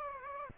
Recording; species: mosquito wingbeat signal from an infrared sensor; Aedes aegypti